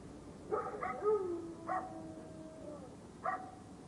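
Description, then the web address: Dogs trading quick yelps and a long sliding whine, with bursts of sharp cries at the start, middle and near the end. Dogs fighting. "DOGZ breed dogs-fighting"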